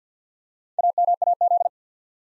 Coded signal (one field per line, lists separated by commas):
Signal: Morse code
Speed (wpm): 50 wpm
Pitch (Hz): 700 Hz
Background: none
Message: AMAZ